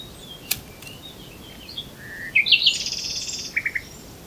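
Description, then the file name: Common nightingale song: a sharp click, faint soft whistles, then a rattling phrase of rapid chirps followed by three short separate notes. "Luscinia megarhynchos"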